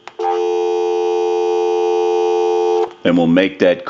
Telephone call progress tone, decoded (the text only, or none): dial tone